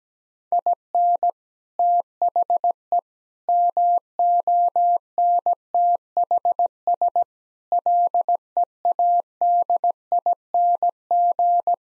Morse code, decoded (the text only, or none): IN THE MONTHS LEADING